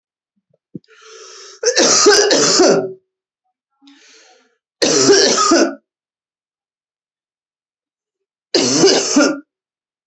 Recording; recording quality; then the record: heavy voluntary cough; excellent, no background noise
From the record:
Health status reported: healthy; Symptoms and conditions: cough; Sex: male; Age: 30 years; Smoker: not ticked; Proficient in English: yes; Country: India